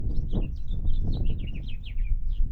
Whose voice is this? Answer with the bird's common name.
House Finch